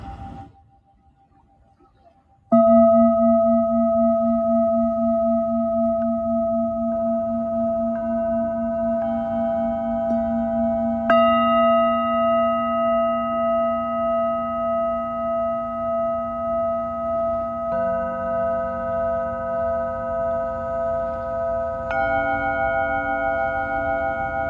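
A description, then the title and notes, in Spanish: A Tibetan singing bowl is struck after about two seconds of near silence, then rings with a steady, pulsing hum. Further strikes near 11, 17 and 22 seconds add brighter overtones, and the layered tones sustain and waver slowly without fading. Cuenco tibetano desde Caribe Mexicano.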